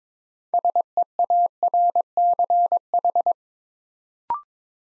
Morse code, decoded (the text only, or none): SEARCH